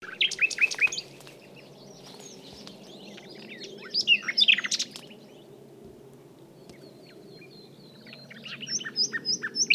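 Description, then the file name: Common nightingale song with sharp repeated chips and whistles at the start, a jumble of notes in the middle, then a series of thin whistled notes; steady low rumbling background noise. "Luscinia megarhynchos"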